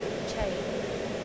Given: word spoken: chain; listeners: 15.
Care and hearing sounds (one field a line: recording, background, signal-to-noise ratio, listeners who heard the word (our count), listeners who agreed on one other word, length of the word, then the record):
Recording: one English word in noise, from a listening test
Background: speech-shaped noise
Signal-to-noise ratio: -4.5 dB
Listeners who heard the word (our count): 1 of 15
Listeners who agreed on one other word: 7 of 15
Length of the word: 0.84 s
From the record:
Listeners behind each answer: 7, 4, 2, 1, 1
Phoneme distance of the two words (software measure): 20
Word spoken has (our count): 1 syllable, 3 phonemes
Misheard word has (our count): 1 syllable, 3 phonemes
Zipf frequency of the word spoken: 4.49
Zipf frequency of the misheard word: 6.08